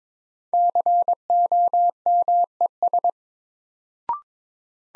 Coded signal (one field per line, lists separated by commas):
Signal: Morse code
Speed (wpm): 22 wpm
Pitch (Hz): 700 Hz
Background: none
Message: COMES